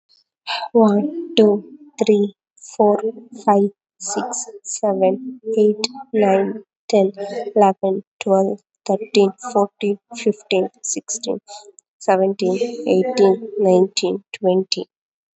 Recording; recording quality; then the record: counting at a normal pace; excellent, no background noise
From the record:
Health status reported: COVID-19 positive, mild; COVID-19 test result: positive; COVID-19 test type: RT-PCR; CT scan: not taken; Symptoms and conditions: cough, cold, sore throat, fatigue, muscle pain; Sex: female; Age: 28 years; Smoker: no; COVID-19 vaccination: none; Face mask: worn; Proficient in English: yes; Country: India